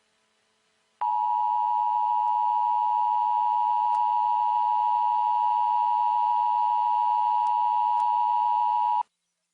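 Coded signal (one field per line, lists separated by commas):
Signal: Emergency Alert System (SAME) tones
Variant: 853 and 960 Hz attention tone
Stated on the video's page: Tornado warning relayed on a Washington DC NBC TV station; signal becomes very poor at the end.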